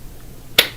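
A Sig P365 handgun is pushed into a kydex holster, which is cut close around the gun, and it snaps into its retention with one sharp, bright click at 0.6 s against a quiet background. The pistol is seated with good retention.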